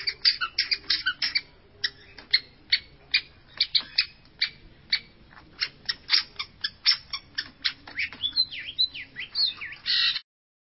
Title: Cendet Pentet